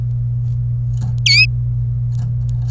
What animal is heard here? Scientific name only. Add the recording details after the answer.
Serinus canaria. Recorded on 27 April 2018 at 15:31. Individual llb3